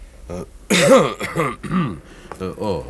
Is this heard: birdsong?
no